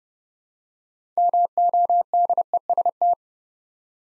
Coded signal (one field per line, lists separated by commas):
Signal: Morse code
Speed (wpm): 30 wpm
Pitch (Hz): 700 Hz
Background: none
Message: MODEST